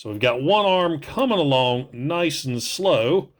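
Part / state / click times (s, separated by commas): plastic arm section of transforming robot toy / not seated / none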